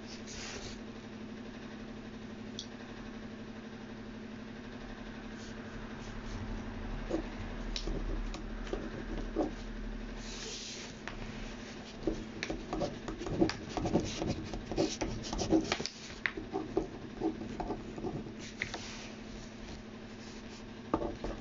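Sound of writing while copying out text: a pen or pencil scratching and rubbing on paper in short, irregular strokes. A steady low hum runs underneath throughout. The scratching grows busier and louder after about seven seconds, with dense bursts of strokes between twelve and twenty seconds.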